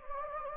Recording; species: mosquito wingbeat signal from an infrared sensor; Anopheles gambiae